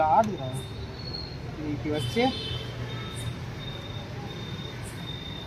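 A ring light part is being lined up on its stand mount before locking, while someone talks over a steady low hum with faint high chirps. Nothing has seated or clicked yet.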